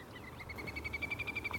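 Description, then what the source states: Little grebe giving a high, whinnying trill, a fast run of even notes that rises slightly in pitch and holds steady. Laughing-like call from reed beds in lowland Somerset, mid April.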